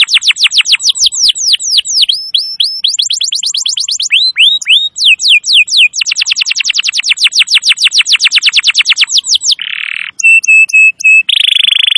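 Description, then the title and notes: Canary song of rapid high sweeping notes, slower swoops, a long fast trill, then a buzzy burst, short whistled notes and a harsh buzz. Masteran recording of a canary singing continuously (gacor), used to lure wild canaries. "Pikat Kenari GACOR PANJANG INI Cocok Untuk Masteran KENARI LIAR. Masteran burung kenari gacor parah"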